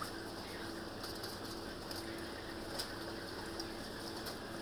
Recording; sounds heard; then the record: poultry house recording; healthy chickens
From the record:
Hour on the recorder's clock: 23